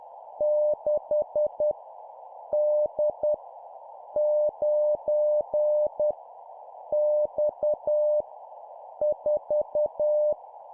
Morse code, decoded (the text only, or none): 6 D 9 X 4